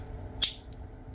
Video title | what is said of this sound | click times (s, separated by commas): How Too Swap Deep Cover's Head and Hands to Sideswipe | You hear that click, | 0.4 s